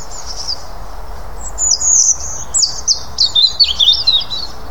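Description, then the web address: European robin song starting softly, then a series of quick, high, liquid notes sliding up and down, growing busier toward the end. "SETE data Erithacus rubecula"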